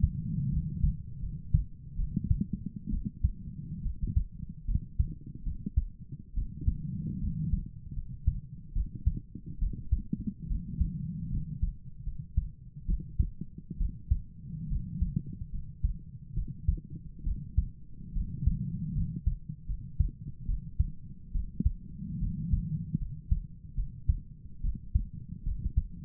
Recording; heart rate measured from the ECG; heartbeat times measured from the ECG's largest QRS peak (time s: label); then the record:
heart sounds by stethoscope; 72 bpm
0.50 s: heartbeat
1.21 s: heartbeat
1.97 s: heartbeat
2.91 s: heartbeat
3.83 s: heartbeat
4.66 s: heartbeat
5.44 s: heartbeat
6.35 s: heartbeat
7.21 s: heartbeat
7.95 s: heartbeat
8.74 s: heartbeat
9.60 s: heartbeat
10.48 s: heartbeat
11.31 s: heartbeat
12.05 s: heartbeat
12.87 s: heartbeat
13.78 s: heartbeat
14.69 s: heartbeat
15.52 s: heartbeat
16.35 s: heartbeat
17.24 s: heartbeat
18.14 s: heartbeat
18.94 s: heartbeat
19.67 s: heartbeat
20.47 s: heartbeat
21.33 s: heartbeat
22.20 s: heartbeat
22.99 s: heartbeat
23.76 s: heartbeat
24.62 s: heartbeat
25.44 s: heartbeat
From the record:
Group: healthy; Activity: rest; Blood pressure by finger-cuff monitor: 121/60 mmHg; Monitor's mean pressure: 77 mmHg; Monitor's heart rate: 71 bpm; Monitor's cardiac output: 7.2 L/min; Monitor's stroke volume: 99 mL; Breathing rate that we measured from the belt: 16 breaths a minute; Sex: female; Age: 22 years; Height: 160 cm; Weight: 63 kg